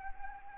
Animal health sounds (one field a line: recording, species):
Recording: mosquito wingbeat signal from an infrared sensor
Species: Anopheles arabiensis